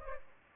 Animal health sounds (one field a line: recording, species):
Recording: mosquito wingbeat signal from an infrared sensor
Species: Culex pipiens